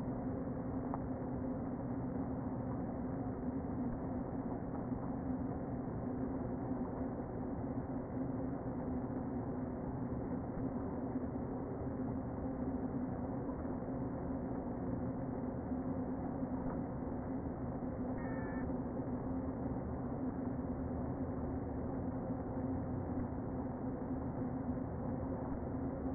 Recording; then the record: honeybee colony, microphone inside the hive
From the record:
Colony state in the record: queen present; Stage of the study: before two queens were removed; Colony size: about 60,000 bees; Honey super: yes